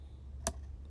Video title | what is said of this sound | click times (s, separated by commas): Transformers Legacy Prime Universe Arcee￼ | you need to hear that audible click that means the waste is locked in place and will not fall back on rc | 0.5 s